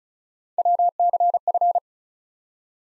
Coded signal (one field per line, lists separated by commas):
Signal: Morse code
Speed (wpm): 36 wpm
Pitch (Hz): 700 Hz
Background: none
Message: WCF